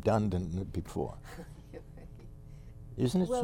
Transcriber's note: laughs